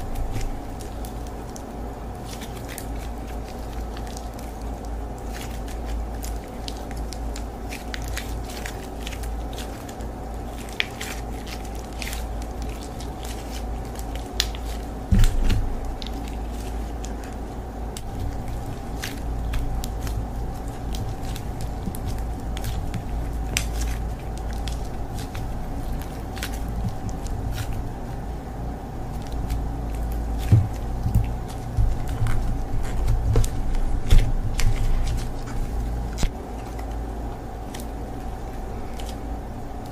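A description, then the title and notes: Slime being squeezed and played with, giving soft sticky clicks and small squelching pops scattered throughout, busiest near 15 seconds and again from about 30 to 35 seconds. A steady low hum runs underneath the whole time. It was so much fun to play with the slime.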